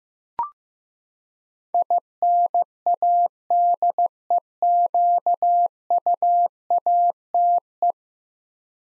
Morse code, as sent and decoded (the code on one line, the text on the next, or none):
.. -. .- -.. . --.- ..- .- - .
INADEQUATE